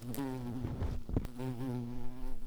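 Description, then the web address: Garden bumblebee buzzing, a low steady drone rich in overtones, with rustling and scraping noises midway. Queens. "Hortorum queens"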